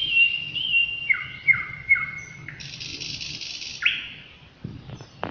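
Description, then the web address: Nightingale song: pure whistled notes and short falling slurs, then a fast harsh buzzing rattle, then a rising whistle, over faint low background noise. "slowik spiew slowika"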